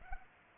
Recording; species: mosquito wingbeat signal from an infrared sensor; Culex pipiens